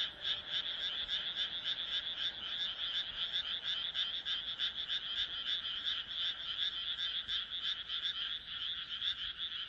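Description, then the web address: Many frogs croaking at once, their rapid pulsed calls merging into a throbbing, somewhat irregular chorus that carries on steadily. "kaeru kaeru"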